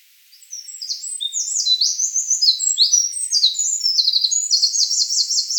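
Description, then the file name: Eurasian wren song: high, hurried cascade of sharp notes and rattling trills, loud and continuous for about five seconds. "Troglodytes troglodytes"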